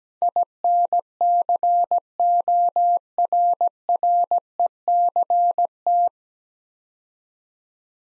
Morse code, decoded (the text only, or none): INCORRECT